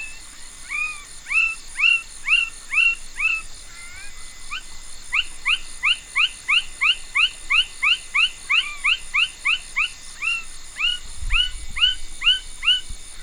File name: Pulchrana laterimaculata